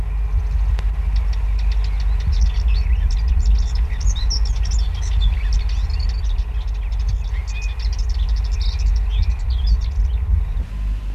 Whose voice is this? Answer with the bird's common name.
Dartford Warbler